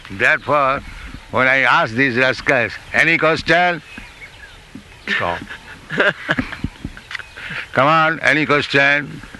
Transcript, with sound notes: Therefore, when I ask these rascals, "Any question?" stopped. [laughter] "Come on, any question?"